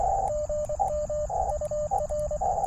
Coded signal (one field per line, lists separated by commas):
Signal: Morse code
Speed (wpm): 24 wpm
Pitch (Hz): 600 Hz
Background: radio noise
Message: GM UR